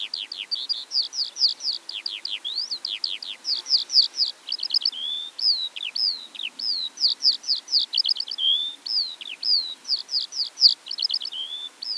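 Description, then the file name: Eurasian skylark song: fast, endless chains of high downslurred chirps with occasional short whistles, tumbling along without a break. Eastern Europe. "Stimmen der Natur aus Osteuropa - Feldlerche"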